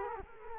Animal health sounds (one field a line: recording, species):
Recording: mosquito wingbeat signal from an infrared sensor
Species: Culex quinquefasciatus